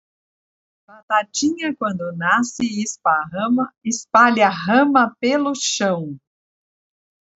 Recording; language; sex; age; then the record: short text; Brazilian Portuguese; female; 50 to 59 years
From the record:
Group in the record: control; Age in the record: 55 years